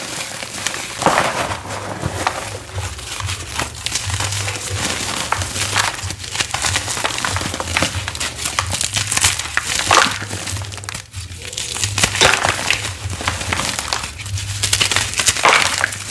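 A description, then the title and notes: Crispy cornstarch crunchies being squeezed and crumbled, a dense, bright crinkling and crackling that never stops. Louder crushing bursts come every couple of seconds, and a low steady hum sits underneath. Crispy green cornstarch crunchies. I had to crush them and reform them because the glitter used in these was waaaaayyyy too sharp.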